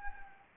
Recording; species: mosquito wingbeat signal from an infrared sensor; Anopheles gambiae